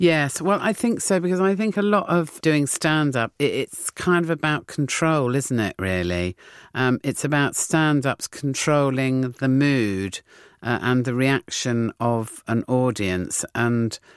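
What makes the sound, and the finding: Adult male speaker. No disorder.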